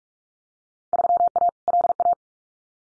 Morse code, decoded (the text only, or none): 3A LA